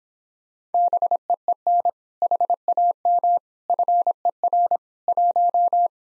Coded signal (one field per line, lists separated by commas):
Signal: Morse code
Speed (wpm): 26 wpm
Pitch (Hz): 700 Hz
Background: none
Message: BEEN HAM FER 1